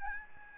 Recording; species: mosquito wingbeat signal from an infrared sensor; Aedes albopictus